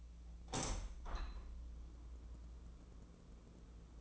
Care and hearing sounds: daily activity, microphone in the room; open window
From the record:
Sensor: 1

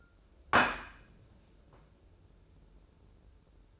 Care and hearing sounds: daily activity, microphone in the room; place plate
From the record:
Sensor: 2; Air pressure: 994.3 hPa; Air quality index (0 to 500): 210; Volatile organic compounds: 1000 ppm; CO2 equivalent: 6912 ppm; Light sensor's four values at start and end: 62/144/60/61 and 62/144/60/60

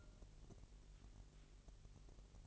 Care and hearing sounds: daily activity, microphone in the room; take from stove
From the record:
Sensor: 4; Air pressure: 1002.8 hPa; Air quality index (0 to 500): 236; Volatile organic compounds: 10 ppm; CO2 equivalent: 2213 ppm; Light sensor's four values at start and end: 7/15/6/6 and 7/15/6/6

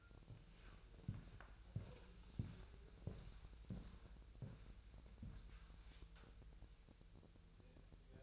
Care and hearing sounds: daily activity, microphone in the room; walk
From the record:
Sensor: 2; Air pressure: 1001.9 hPa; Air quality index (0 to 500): 231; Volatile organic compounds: 60 ppm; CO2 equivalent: 3416 ppm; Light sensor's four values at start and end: 7/16/7/7 and 7/16/6/7

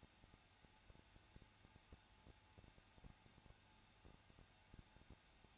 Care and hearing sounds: daily activity, microphone in the room; no activity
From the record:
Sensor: 2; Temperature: 21.0 degrees Celsius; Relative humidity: 34.2%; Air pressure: 994.3 hPa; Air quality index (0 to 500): 172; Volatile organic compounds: 3 ppm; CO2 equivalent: 1334 ppm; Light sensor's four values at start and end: 2/3/2/2 and 2/3/2/2

